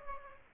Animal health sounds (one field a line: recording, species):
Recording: mosquito wingbeat signal from an infrared sensor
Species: Aedes aegypti